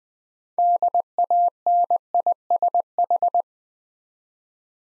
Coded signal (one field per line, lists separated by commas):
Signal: Morse code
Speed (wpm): 20 wpm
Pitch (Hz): 700 Hz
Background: none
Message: DANISH